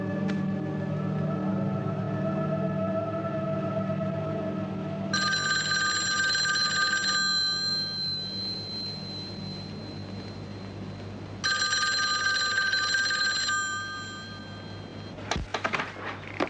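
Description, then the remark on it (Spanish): A telephone bell rings in two loud, bright bursts a few seconds apart, each a rapid metallic trill, over a steady low hum and softer sustained tones, in a scene from the film Birdy (1984). “Dory Robinson está en el teléfono.”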